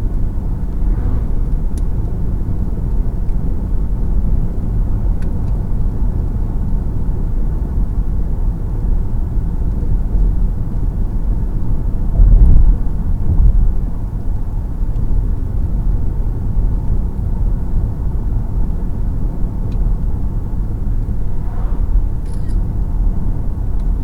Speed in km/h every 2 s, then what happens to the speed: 79, 79, 81, 81, 79, 79, 77, 77, 77, 77, 77, 77.
0-24 steady at about 77.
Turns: none.